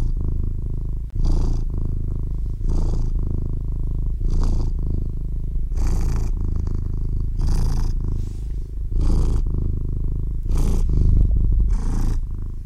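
Domestic cat purring, a steady low rumble that swells with each breath, with soft breathy bursts on top.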